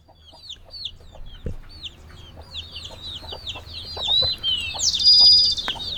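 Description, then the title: Chickens giving many high, thin, downward-slurred peeping notes in a busy overlapping chorus, ending in a louder buzzy note, over a low steady hum and occasional knocks. Chicken coop in Pujilí, Ecuador, 2019. "Yanuna_Paisajes. CORRAL DE GALLINAS"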